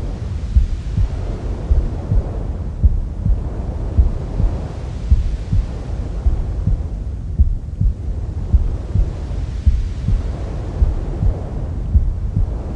Womb Sounds with Mother's Heartbeat.